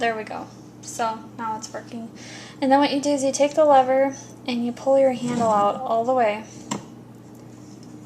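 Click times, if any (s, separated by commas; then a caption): none. A woman talks while handling a Victorio VKP1010 Johnny Apple Peeler, a cast-metal apple peeler with a suction base, taking the lever and pulling the crank handle out toward its position in the peeler frame. A brief sharp knock is heard near 6.7 s, but nothing has seated or clicked yet.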